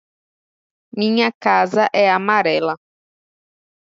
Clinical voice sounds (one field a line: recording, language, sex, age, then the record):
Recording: short text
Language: Brazilian Portuguese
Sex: female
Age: 20 to 29 years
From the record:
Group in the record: control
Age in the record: 28 years